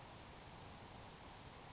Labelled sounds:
Grasshopper Sparrow (Ammodramus savannarum)
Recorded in Sonoma County, California

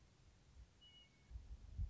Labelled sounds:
Western Meadowlark (Sturnella neglecta)
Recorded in Sonoma County, California

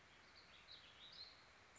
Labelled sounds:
Warbling Vireo (Vireo gilvus)
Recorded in Sonoma County, California

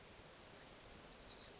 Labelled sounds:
Chestnut-backed Chickadee (Poecile rufescens)
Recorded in Sonoma County, California

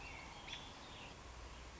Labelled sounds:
American Robin (Turdus migratorius)
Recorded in Sonoma County, California

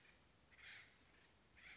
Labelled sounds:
Acorn Woodpecker (Melanerpes formicivorus)
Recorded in Sonoma County, California

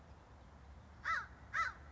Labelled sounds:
American Crow (Corvus brachyrhynchos)
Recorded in Sonoma County, California

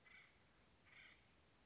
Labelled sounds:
Acorn Woodpecker (Melanerpes formicivorus)
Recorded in Sonoma County, California

